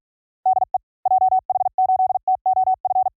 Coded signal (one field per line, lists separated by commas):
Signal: Morse code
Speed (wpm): 46 wpm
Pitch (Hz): 750 Hz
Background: none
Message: DE JH8TOF